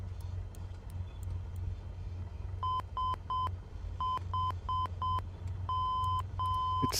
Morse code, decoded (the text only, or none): SHM